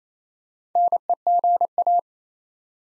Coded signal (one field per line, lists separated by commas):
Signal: Morse code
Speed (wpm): 29 wpm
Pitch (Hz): 700 Hz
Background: none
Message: NEGA